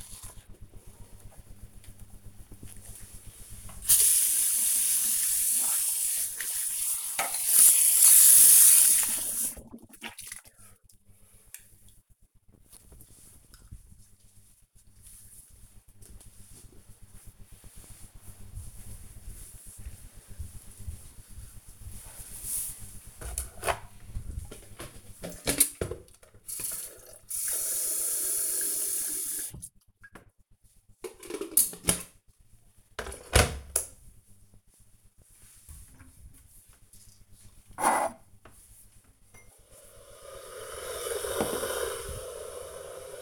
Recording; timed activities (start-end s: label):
household activities, microphone on the right wrist
0.00-11.54 s: brushing teeth
23.61-43.22 s: making tea